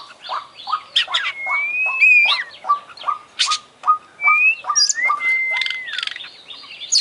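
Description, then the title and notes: Oriental magpie-robin singing a varied, busy song of steady short chirps mixed with sweet sliding whistles and sharp high notes. Described as a champion bird singing vigorously (gacor), from a collection of selected master bird sounds. "Kacer Juara Gacor. Kumpulan Suara Burung Masteran Pilihan"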